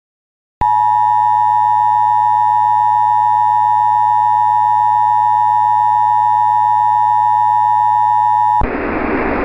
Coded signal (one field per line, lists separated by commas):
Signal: Emergency Alert System (SAME) tones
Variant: 853 and 960 Hz attention tone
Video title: [EAS Mock: S2 | #10] "Cepstral William at it again" (04/07/06)